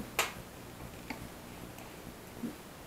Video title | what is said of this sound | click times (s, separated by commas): Lexus IS200T F Sport Spark Plug remove and install | So you hear a click, | 0.2 s